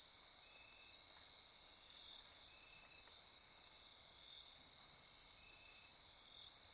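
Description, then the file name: Insect chorus, an even, shrill trilling drone with faint lower pulsed notes recurring now and then. Insect chorus recorded at midnight near Corcovado. "Wind-is-the-Original-Radio-Fridays 20240628 Andy-Martin Midnight-Insect-Chorus-Near-Corcovado"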